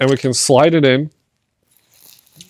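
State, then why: Seated. Someone talks, then a plastic button guard is slid over the top of a handheld radio, making faint sliding and scraping sounds. It snaps into place with a small click at 2.4 s, barely audible.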